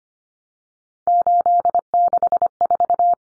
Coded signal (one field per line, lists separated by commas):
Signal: Morse code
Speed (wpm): 25 wpm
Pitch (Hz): 700 Hz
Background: none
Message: 864